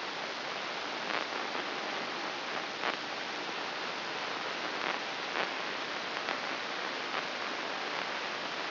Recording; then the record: brain microelectrode recording played as sound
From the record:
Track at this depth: inside the subthalamic nucleus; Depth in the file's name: 4.938 mm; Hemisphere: right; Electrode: 2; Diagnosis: Parkinson's disease